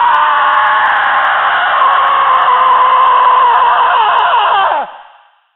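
A single long, terrified human scream, loud and shrill, held at a steady pitch for nearly five seconds before it cracks and trails off into silence, let out in a nightmare while struggling to breathe.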